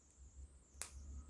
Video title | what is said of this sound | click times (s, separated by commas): Teddy Blocks Tutorial | You hear a nice little click. | 0.8 s